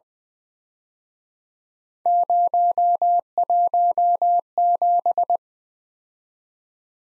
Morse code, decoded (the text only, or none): 017